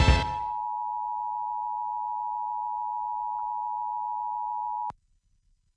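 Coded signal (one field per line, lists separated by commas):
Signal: Emergency Alert System (SAME) tones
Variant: 853 and 960 Hz attention tone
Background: music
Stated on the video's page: Required monthly EAS tests from Utah, Kern and Los Angeles.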